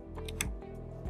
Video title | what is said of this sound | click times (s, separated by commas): Sample Adapters for OES Part 1 - Q2 ION & Q4 POLO | and turn the dial counterclockwise until I hear this click sound | 0.4 s